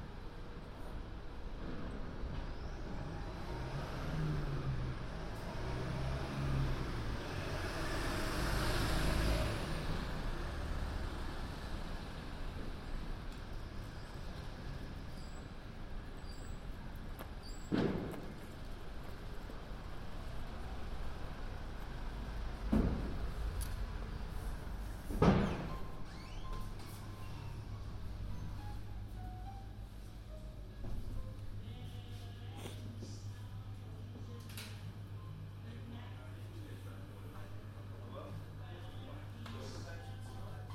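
Street sounds on a London walk on New Year's Eve: steady traffic hum, a vehicle swelling past near ten seconds, sharp bangs around 18, 23 and 25 seconds.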